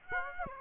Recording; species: mosquito wingbeat signal from an infrared sensor; Aedes aegypti